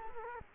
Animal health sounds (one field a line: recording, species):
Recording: mosquito wingbeat signal from an infrared sensor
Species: Culex quinquefasciatus